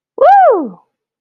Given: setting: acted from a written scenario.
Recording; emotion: vocal sound without words; triumph